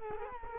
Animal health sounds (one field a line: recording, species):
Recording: mosquito wingbeat signal from an infrared sensor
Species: Culex quinquefasciatus